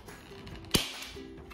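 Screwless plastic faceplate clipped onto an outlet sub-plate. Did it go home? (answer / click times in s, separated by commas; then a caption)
released / 0.8 s. Fingers hooked behind a screwless plastic outlet faceplate clipped onto an outlet sub-plate pull against the thumbs, knuckles pressed against the wall. A sharp, loud pop at 0.8 s marks the top clip letting go, followed by a brief decaying tail and quieter faint sounds. The cover is released.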